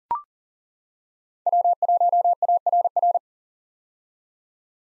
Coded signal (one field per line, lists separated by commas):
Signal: Morse code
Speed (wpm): 40 wpm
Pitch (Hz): 700 Hz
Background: none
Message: W1ARR